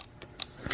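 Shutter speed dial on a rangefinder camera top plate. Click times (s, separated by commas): 0.4 s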